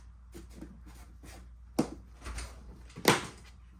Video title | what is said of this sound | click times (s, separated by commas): Jeep Renegade 2'' Lift Kit Install | That'll kind of snap into place under the windshield here. | 1.8 s, 3.1 s